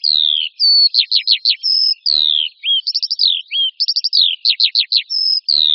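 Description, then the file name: Eurasian skylark delivering clear descending whistles, quick trilled runs of four or five notes and sharp upslurs, all high and bright. "Skřivan-polní"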